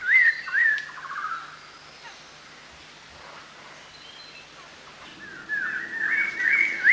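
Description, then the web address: Chestnut-hooded laughingthrush whistling in bursts of slurred, looping notes, with a quiet pause in the middle before the calls resume. Recorded at Danum on 1 March 2008. "DANUM 20080301. chestnut-hooded laughing-thrush"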